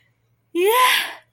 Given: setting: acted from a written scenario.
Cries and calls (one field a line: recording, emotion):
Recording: vocal sound without words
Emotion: elation